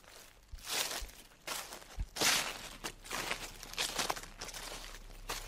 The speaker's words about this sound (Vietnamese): Bỗng nhiên ở cái bụi cây bên cạnh vang lên tiếng loạt xả loạt xoạt.